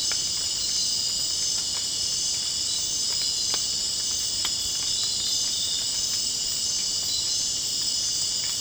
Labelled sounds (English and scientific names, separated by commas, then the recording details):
none
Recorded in dense forest near Puerto Asís, Putumayo, Colombia, on 24 June 2025 at 20:00
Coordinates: 0.499, -76.324
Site G100